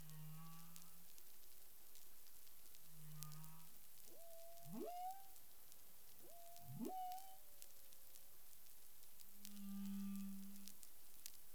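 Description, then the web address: Humpback whale vocalizations: low droning moans and a pair of higher sweeping calls, each joined to a drawn-out tone, against persistent crackle. Recorded 13 February 2021 at 10:29 UTC. "CARIMAM. humpback whale 20210213 102928 UTC"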